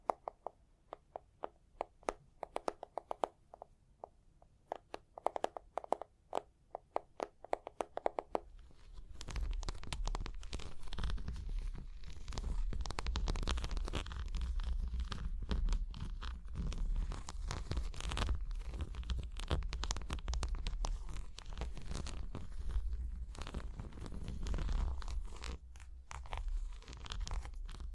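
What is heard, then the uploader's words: Tapping and scratching. For the first eight seconds, separate taps come in quick bursts with short pauses between them. Then a dense, rough scratching takes over and continues steadily to the end, with a low rumble and occasional sharper clicks. Tapping and Scratching (No Talking).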